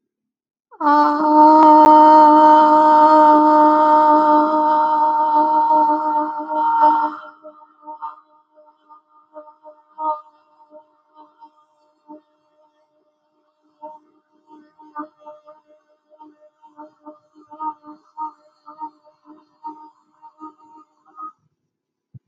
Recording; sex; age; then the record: vowel held as long as possible; female; 20 to 29 years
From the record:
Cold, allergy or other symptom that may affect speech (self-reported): no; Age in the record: 25 years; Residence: New York, United States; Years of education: 16